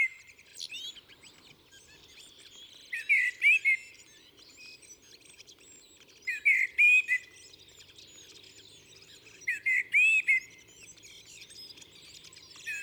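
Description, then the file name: Common blackbird song: fluted warbling phrases, each ending in a thin twitter, given about every three seconds. "Turdus merula"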